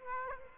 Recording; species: mosquito wingbeat signal from an infrared sensor; Aedes aegypti